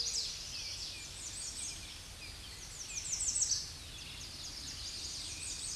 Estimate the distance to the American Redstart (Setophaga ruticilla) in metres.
about 15 m